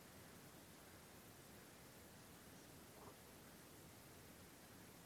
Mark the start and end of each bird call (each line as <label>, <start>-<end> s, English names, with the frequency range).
Spotted Flycatcher (5.6-6.6 kHz), 2.55-2.66 s